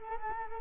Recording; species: mosquito wingbeat signal from an infrared sensor; Culex quinquefasciatus